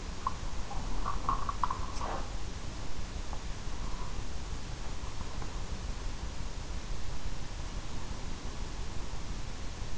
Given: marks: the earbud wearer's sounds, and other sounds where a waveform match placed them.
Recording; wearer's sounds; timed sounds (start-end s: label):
sounds in sleep by an in-ear microphone; teeth grinding
0.00-2.27 s: teeth grinding